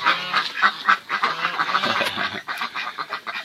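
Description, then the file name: Pekin duck quacks, a continuous chatter of quick nasal calls, several per second. "canto do pato de pequim"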